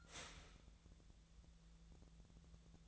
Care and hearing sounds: daily activity, microphone in the room; start toaster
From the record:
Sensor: 3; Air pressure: 1000.2 hPa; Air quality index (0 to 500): 156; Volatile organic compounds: 3 ppm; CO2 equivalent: 1372 ppm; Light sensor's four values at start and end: 34/88/36/39 and 34/87/36/39

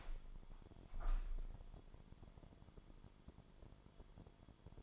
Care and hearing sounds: daily activity, microphone in the room; open window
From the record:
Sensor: 5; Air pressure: 998.1 hPa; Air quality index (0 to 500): 99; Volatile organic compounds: 2 ppm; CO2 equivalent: 1130 ppm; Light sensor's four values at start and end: 27/65/27/30 and 27/65/27/30

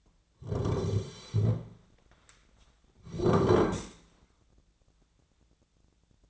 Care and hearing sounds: daily activity, microphone in the room; sit down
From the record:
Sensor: 3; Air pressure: 1009.2 hPa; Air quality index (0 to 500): 184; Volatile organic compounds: 3 ppm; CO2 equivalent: 1486 ppm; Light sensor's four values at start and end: 40/102/45/47 and 49/124/55/56

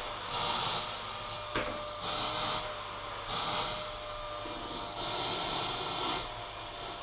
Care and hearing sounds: daily activity, microphone in the room; vacuum cleaning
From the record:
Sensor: 5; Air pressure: 992.0 hPa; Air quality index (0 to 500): 175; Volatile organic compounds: 621 ppm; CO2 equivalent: 4959 ppm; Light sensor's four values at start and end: 29/101/37/40 and 30/104/38/41

